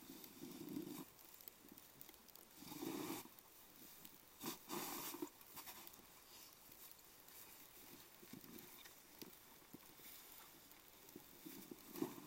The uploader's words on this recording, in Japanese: 夕方雪かき。夕方16時現在、30㎝ほどの積雪。玄関前から家の前の路地の雪かき。路地は基本人力のスコップ除雪。